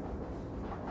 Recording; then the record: background sound without coughing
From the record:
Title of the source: Train Ride Ambience ambient white noise for sleeping, focus, studying, reading